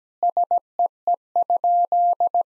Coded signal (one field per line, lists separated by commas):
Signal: Morse code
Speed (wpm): 17 wpm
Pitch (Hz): 700 Hz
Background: none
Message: SEE?